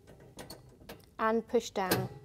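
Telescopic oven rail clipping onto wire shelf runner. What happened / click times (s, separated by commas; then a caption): Metal rail handled against its runner, not yet snapped home / none. A metal telescopic rail for a Smeg oven is hooked by its two top clips over the wire side runner and pushed down to snap into place. Someone talks over faint handling knocks and taps. The clip ends before the rail goes home, and nothing has seated or clicked yet.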